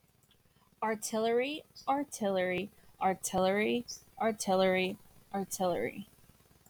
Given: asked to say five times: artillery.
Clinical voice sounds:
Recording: repeated word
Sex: female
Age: 20 to 29 years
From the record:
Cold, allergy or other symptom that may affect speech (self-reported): no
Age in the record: 24 years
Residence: Arkansas, United States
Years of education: 13

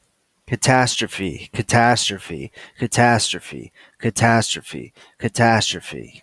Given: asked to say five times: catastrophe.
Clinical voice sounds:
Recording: repeated word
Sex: male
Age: 30 to 39 years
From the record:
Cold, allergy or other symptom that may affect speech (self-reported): no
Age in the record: 31 years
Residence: California, United States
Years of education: 16

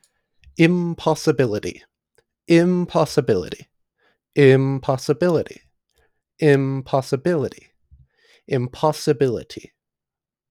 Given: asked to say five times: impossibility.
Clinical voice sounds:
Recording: repeated word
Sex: male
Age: 20 to 29 years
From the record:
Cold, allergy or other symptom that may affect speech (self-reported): no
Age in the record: 21 years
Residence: Colorado, United States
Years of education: 15

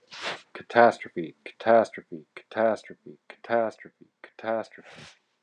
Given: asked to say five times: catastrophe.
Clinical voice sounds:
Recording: repeated word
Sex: male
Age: 40 to 49 years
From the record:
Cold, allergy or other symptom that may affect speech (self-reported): no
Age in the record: 41 years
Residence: Indiana, United States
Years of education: 15

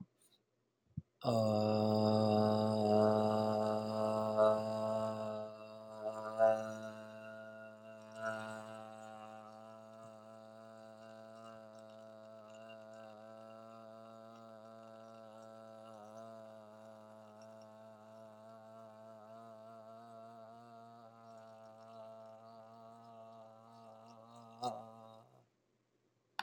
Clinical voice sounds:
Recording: vowel held as long as possible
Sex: male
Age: 20 to 29 years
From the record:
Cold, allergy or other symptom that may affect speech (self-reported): no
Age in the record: 23 years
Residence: United States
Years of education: 19

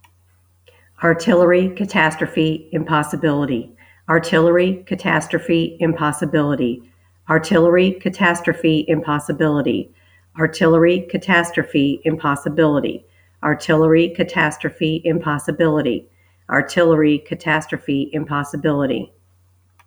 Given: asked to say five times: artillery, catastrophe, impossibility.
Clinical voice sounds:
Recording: three words, each repeated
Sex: female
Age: 60 to 69 years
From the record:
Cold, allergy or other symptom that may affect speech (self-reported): no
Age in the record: 60 years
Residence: United States

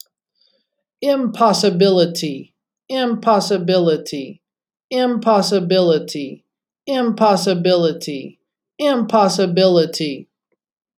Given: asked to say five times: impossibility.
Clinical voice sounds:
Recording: repeated word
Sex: male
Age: 40 to 49 years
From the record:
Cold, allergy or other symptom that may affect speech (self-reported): no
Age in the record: 41 years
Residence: Virginia, United States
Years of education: 21

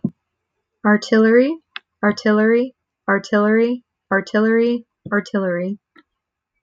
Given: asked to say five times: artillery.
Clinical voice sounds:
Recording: repeated word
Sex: female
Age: 20 to 29 years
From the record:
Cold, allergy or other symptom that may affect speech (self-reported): no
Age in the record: 26 years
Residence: Florida, United States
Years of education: 12

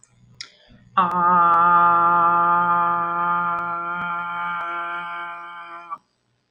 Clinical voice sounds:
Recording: vowel held as long as possible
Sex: female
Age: 40 to 49 years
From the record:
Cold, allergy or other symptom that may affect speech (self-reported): no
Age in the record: 45 years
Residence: Florida, United States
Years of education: 17

